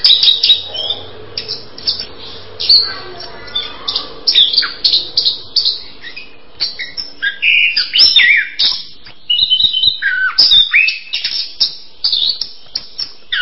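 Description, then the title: Bird song: rapid, varied chirps, trills and sharp whistled notes in quick bursts, with a faint low hum in the background during the first few seconds. "kikicau"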